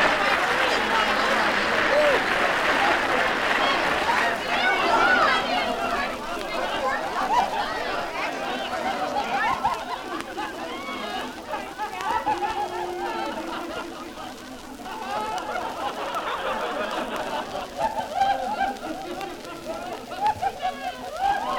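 A theatre audience laughs, many voices overlapping into a dense, steady roar of laughter and chatter. The crowd is loudest in the first seven seconds, eases to a lull around fourteen seconds, then swells again toward the end.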